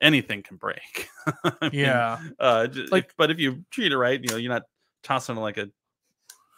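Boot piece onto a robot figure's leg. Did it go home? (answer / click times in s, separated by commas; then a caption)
yes / 6.3 s. Someone talks while a boot is pushed onto the leg of a die-cast Soul of Chogokin GX-71 Voltron robot figure. A short, sharp click at 6.3 s marks the gray notch on the shin locking into the piece inside the leg, and the boot is successfully seated.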